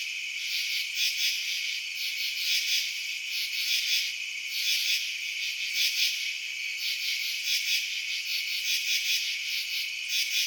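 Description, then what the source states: Crickets chirping, a dense high-pitched trill pulsing in waves, a steady night chorus with no other sounds. Crickets recorded at night in residential suburbs.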